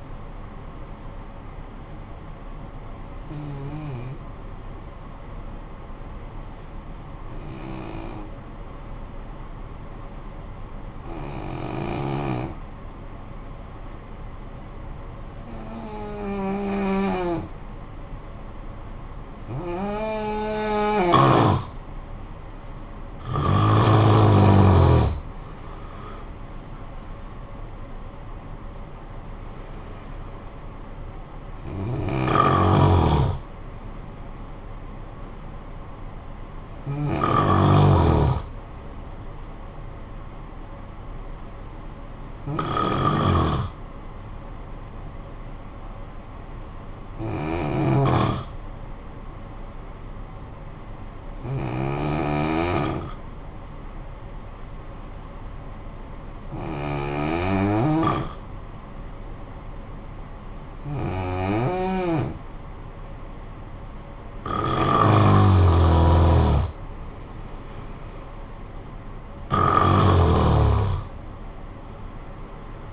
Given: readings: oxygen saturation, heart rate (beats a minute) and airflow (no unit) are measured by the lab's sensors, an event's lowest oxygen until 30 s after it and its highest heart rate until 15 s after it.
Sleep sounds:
breathing in sleep by a smartphone at the bedside; 2
5.00-19.40 s: obstructive apnea (N2, oxygen 93% highest, then 85% lowest, heart rate 51 at the start, 75 highest)
46.00-63.10 s: hypopnea (N2, oxygen 96% highest, then 86% lowest, heart rate 53 at the start, 68 highest)
From the record:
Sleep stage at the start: N2 (light sleep); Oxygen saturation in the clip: 85 to 96%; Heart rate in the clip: 50 to 75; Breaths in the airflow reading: 13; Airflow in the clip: -11.5 to 13.1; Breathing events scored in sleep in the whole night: 445 in 7.6 hours asleep

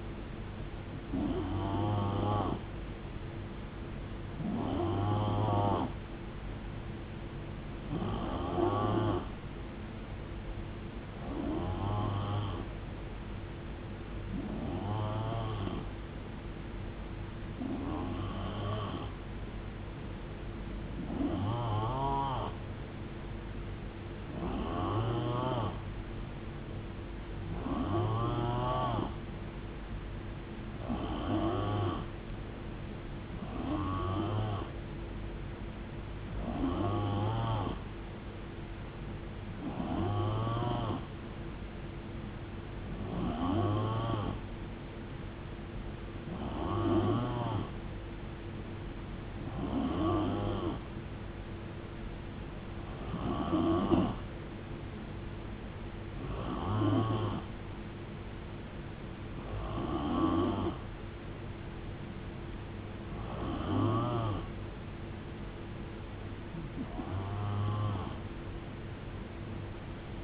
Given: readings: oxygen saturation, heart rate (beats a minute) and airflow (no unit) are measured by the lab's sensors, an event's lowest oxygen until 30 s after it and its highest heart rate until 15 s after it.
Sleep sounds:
breathing in sleep by a voice recorder at the bedside; none
none scored
From the record:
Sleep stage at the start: N3 (deep sleep); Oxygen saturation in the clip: 89 to 91%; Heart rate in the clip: 64 to 77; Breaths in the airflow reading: 21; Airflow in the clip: -9.3 to 5.1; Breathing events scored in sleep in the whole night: 389 in 6.3 hours asleep

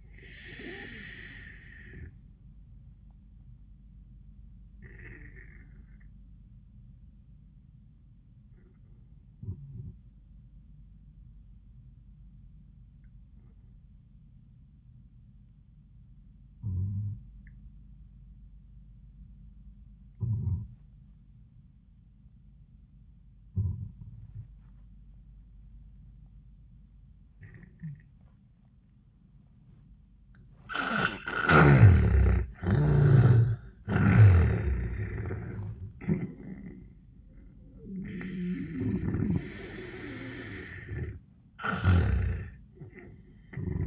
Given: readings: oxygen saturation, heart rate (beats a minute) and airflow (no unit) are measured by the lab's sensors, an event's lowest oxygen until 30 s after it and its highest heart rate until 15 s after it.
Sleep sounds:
breathing in sleep by a smartphone at the bedside; 1
4.00-33.50 s: obstructive apnea (N2, oxygen 97% highest, then 81% lowest)
35.00-43.87 s: new sleep stage, N1 (lightest sleep)
From the record:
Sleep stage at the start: N2 (light sleep); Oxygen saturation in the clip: 82 to 97%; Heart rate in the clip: 71 to 90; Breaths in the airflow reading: 3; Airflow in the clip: -16.4 to 11.5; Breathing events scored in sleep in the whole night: 400 in 8.7 hours asleep

